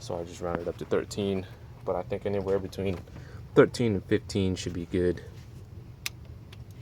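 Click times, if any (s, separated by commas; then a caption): 6.1 s. A 3/8 torque wrench set to 13 ft-lb tightens a spark plug into the cylinder head of a 2014 Subaru Forester XT (FA20DIT) engine while someone talks. After the talking stops, the wrench gives a sharp click at 6.1 s as it reaches the setting, followed by a few faint ticks. The plug is torqued to spec.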